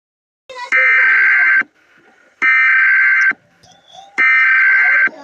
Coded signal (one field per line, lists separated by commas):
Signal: Emergency Alert System (SAME) tones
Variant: header bursts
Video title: Dallas TX EAS scenario screen